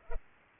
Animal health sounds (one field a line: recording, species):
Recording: mosquito wingbeat signal from an infrared sensor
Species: Culex pipiens